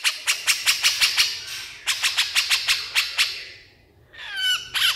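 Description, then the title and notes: Horsfield's bush lark delivering two quick series of harsh, clicking notes, then a short pause and a twisting whistled phrase. Masteran (tutor) recording of branjangan song for training songbirds, described as super gacor (singing constantly). "MASTERAN KICAUAN BRANJANGAN SUPER GACOR. cucak jenggot"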